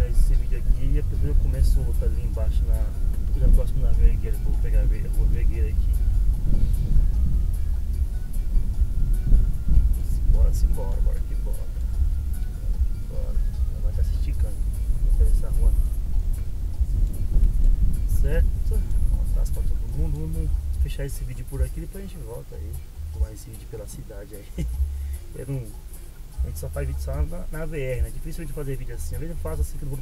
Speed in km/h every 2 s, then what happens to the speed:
22, 23, 22, 23, 24, 23, 19, 20, 21, 16, 6, 2, 0, 0, 0.
0-16 steady at about 22. 16-22 slows to 2. 22-30 standing.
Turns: none.